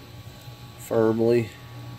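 A clip or connector on the oil cooler housing of a 2011-2015 Chevy Cruze LS 1.8L engine is handled during an oil cooler replacement, as it is to be pushed down firmly until it snaps into place. Someone talks briefly over a steady low background hum. Nothing has seated or clicked yet.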